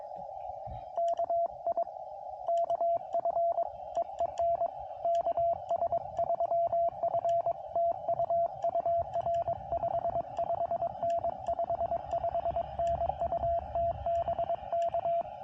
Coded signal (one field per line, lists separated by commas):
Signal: Morse code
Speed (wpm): 22 wpm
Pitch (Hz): 680 Hz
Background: radio noise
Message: KI KF EEN KS3F TU UR 55N 55N UT BK